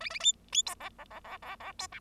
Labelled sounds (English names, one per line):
Bengalese Finch song